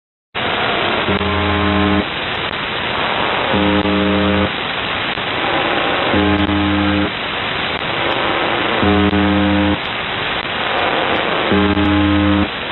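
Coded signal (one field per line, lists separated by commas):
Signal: channel marker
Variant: UVB-76 (The Buzzer)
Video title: UVB 76 4625 KHZ 261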